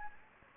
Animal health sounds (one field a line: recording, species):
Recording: mosquito wingbeat signal from an infrared sensor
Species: Anopheles gambiae